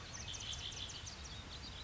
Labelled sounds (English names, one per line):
Red-winged Blackbird